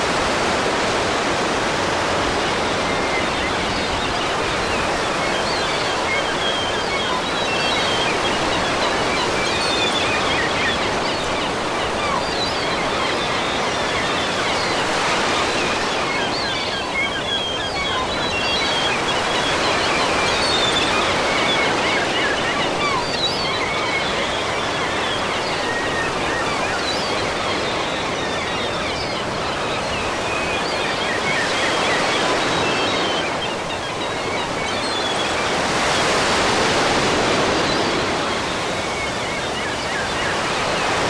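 Ocean waves roll in as a steady, dense wash of surf, swelling gently every few seconds with brighter hiss near 15, 20 and 36 seconds.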